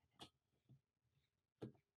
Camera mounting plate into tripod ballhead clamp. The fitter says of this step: I'm not sure if you can hear this or not but there's like a very satisfying like audible thud when this locks into place so